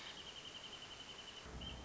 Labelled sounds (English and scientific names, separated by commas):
Wrentit (Chamaea fasciata)